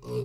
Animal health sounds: pig call; weaner (32 to 43 days)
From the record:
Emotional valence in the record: negative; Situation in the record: short isolation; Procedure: open field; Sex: female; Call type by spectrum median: low-frequency call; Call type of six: low-frequency stable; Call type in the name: low-frequency stable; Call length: 0.26 s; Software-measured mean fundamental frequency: 60 Hz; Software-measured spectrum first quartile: 142 Hz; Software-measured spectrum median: 349 Hz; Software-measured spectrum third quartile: 487 Hz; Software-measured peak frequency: 420 Hz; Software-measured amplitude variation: 112 dB a second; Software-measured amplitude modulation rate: 9.8 a second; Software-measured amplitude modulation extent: 11.4 dB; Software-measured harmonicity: -0.6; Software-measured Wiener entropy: -0.15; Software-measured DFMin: 1186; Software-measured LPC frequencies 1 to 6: 414, 1071, 2579, 3910, 4631, 8071 Hz

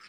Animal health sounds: pig call; piglet (1 to 25 days)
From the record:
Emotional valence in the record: positive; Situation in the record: short reunion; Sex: female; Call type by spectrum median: high-frequency call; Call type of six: low-frequency tonal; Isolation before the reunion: 3 minutes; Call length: 0.09 s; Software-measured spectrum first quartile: 1709 Hz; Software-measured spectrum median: 2725 Hz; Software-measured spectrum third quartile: 4904 Hz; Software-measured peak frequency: 1329 Hz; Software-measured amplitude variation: 56 dB a second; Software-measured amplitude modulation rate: 5.9 a second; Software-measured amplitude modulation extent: 9.5 dB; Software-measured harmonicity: -0.9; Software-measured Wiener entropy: -1.44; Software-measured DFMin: 627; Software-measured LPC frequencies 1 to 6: 1329, 1856, 2424, 4313, 4979, 5308 Hz

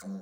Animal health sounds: pig call; piglet (1 to 25 days)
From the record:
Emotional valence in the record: negative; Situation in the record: long isolation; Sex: male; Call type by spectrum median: low-frequency call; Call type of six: mixed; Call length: 0.22 s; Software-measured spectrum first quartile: 195 Hz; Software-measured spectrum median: 328 Hz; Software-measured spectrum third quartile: 1893 Hz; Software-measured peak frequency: 199 Hz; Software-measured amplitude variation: 92 dB a second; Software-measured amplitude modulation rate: 2.3 a second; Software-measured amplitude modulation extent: 40.4 dB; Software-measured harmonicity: 9.2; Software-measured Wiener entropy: -2.98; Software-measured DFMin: 837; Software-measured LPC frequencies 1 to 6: 1409, 2113, 3989, 5068, 6043, 6868 Hz

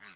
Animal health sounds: pig call; piglet (1 to 25 days)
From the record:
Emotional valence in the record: positive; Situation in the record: short reunion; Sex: female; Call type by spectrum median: high-frequency call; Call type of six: low-frequency tonal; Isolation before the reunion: 3 minutes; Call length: 0.16 s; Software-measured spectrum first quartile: 1683 Hz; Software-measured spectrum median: 3148 Hz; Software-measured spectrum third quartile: 4752 Hz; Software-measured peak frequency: 4987 Hz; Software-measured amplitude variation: 96 dB a second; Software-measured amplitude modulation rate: 9.5 a second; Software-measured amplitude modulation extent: 10.1 dB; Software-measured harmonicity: 0.1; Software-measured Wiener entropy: -1.10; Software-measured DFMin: 911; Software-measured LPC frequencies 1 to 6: 1701, 2503, 3956, 4647, 4996, 5722 Hz

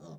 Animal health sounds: pig call; piglet (1 to 25 days)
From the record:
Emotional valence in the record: negative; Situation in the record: short isolation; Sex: female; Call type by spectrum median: low-frequency call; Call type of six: low-frequency stable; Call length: 0.19 s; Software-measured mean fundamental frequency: 52 Hz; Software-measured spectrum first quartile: 177 Hz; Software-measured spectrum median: 348 Hz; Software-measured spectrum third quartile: 793 Hz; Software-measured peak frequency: 166 Hz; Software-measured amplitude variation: 92 dB a second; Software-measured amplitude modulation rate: 18.7 a second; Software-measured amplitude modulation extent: 4.9 dB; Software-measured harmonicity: 1.5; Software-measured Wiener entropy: -0.18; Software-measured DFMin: 1345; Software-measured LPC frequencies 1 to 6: 434, 3636, 4286, 5469, 5901, 6775 Hz

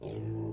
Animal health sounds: pig call; weaner (32 to 43 days)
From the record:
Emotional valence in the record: positive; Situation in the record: positive conditioning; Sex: female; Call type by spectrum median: low-frequency call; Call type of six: low-frequency stable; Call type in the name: low-frequency stable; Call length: 0.53 s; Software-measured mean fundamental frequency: 54 Hz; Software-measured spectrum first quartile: 115 Hz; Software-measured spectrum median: 251 Hz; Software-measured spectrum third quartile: 412 Hz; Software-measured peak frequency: 336 Hz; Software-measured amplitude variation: 82 dB a second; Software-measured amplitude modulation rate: 36.6 a second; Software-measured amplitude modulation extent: 2.2 dB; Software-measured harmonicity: -3.6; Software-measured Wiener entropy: -0.01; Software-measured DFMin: 998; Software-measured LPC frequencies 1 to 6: 351, 2001, 2595, 3363, 4037, 5053 Hz

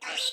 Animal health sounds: pig call; piglet (1 to 25 days)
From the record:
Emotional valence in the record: negative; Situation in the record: restrain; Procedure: in the arms of a person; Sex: female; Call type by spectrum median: high-frequency call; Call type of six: mixed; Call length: 0.33 s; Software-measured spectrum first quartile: 2389 Hz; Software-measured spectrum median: 3529 Hz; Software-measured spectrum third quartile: 4350 Hz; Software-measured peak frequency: 3854 Hz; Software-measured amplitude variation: 141 dB a second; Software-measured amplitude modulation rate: 25.5 a second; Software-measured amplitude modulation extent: 5.5 dB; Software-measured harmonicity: 2.6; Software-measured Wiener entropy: -1.91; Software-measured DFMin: 489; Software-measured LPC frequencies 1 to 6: 733, 1533, 2367, 2880, 3878, 5638 Hz

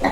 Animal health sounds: pig call; piglet (1 to 25 days)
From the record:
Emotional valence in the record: positive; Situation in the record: reunion after long isolation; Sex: male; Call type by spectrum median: low-frequency call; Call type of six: low-frequency tonal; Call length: 0.12 s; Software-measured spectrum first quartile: 331 Hz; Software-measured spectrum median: 701 Hz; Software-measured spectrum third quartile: 1198 Hz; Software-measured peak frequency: 777 Hz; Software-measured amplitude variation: 132 dB a second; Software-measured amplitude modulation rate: 4.2 a second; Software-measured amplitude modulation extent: 31.1 dB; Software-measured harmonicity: -0.9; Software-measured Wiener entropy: -0.96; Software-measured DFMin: 574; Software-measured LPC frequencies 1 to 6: 807, 1950, 4083, 5921, 7171, 8646 Hz

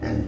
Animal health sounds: pig call; growing-finishing pig (85 days or more)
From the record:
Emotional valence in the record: negative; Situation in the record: barren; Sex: female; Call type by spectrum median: low-frequency call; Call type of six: low-frequency stable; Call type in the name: low-frequency stable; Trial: 1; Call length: 0.28 s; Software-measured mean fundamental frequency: 43 Hz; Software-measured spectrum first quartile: 122 Hz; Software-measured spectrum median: 257 Hz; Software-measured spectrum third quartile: 463 Hz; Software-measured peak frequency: 306 Hz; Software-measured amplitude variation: 135 dB a second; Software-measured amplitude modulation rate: 26.6 a second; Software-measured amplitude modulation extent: 5.1 dB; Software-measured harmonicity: -1.6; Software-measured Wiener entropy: -0.62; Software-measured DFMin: 1238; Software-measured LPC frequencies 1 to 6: 315, 1789, 3954, 4862, 5214, 6462 Hz

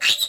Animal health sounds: pig call; piglet (1 to 25 days)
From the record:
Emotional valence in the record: negative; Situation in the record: restrain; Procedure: sham castration, fixation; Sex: male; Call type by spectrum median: high-frequency call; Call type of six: high-frequency stable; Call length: 0.30 s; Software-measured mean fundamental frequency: 326 Hz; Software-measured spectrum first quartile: 2754 Hz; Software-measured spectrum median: 3614 Hz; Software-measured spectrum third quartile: 4497 Hz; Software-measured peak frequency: 3810 Hz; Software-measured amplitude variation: 186 dB a second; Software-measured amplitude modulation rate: 8.4 a second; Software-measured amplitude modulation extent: 22.0 dB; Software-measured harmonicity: 6.3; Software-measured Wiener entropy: -2.88

